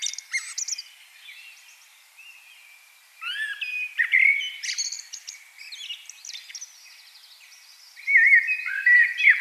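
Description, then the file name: Common blackbird song, rich fluty warbles broken by thin high chirps and twitters, a quiet gap early on, then louder phrases returning strongly at the end. "Turdus merula"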